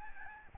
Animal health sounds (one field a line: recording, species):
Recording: mosquito wingbeat signal from an infrared sensor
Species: Aedes albopictus